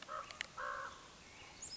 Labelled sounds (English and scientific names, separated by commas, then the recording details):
Common Raven (Corvus corax)
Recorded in Sonoma County, California